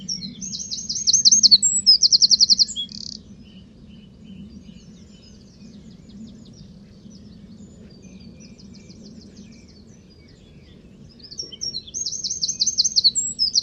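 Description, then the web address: Bird calls: very high rapid buzzy trills, then scattered faint high notes, with trills returning near the end over a steady low background rumble. "Deverinetal 2025 File origin Bird Only"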